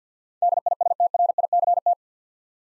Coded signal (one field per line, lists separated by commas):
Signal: Morse code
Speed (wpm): 50 wpm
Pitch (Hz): 700 Hz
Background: none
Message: DISTRICT